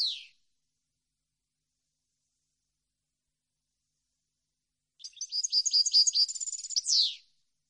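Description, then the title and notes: European goldfinch song, a fast tinkling twitter of trills closing with a falling buzzy slur, after a brief fragment at the start and a long silent gap. Clean goldfinch song for song copying (training). "canto de jilguero limpio para copia"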